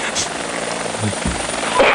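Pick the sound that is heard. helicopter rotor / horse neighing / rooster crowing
helicopter rotor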